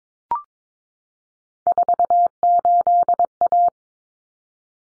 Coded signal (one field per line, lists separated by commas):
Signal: Morse code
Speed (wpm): 22 wpm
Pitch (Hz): 700 Hz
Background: none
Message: 48A